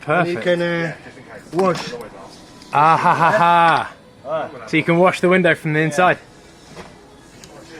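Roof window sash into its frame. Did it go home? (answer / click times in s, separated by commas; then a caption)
no / none. Someone laughs and talks while the pivoting sash of a Velux roof window, flipped so the glass can be washed from the inside, is handled to be turned back into its frame and locked position. The sash has not seated or clicked yet.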